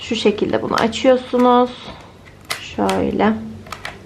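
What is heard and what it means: After cleaning, the plastic filter cage is being refitted onto the handle of a Dyson Airwrap hair styler to be pushed home, while someone talks. A few faint, short ticks of handling come near the end, around 3.7 to 3.9 seconds, but the cage has not yet snapped into place and nothing has seated or clicked yet.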